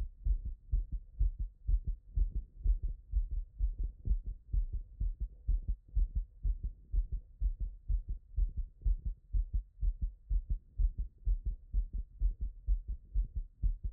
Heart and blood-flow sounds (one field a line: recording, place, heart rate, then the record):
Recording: heart sounds by stethoscope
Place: Erb's point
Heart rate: 124 bpm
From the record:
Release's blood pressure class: hypertension stage 1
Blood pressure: 131/81 mmHg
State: after exercise